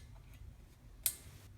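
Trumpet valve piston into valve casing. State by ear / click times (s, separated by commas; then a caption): seated / 1.1 s. A trumpet valve piston is pushed halfway into the metal valve casing and turned clockwise until its guide catches the notch. It gives one short, sharp click at 1.06 s against a quiet background, and the valve seats in place.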